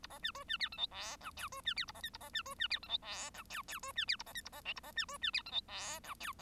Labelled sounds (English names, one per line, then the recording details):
Bengalese Finch song
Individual Bird1